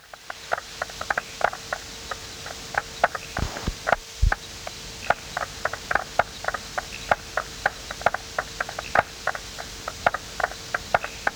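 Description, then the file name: Striped marsh frog calls: short percussive knocks repeated rapidly and irregularly, several per second, over a steady hum. "Limnodynastes peronii"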